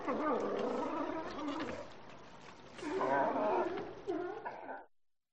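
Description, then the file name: Sea lion calls: drawn-out, harmonic, groaning bellows that waver in pitch, with a louder rough burst around three seconds and shorter grunts before fading out. "audio hero Sea Lion"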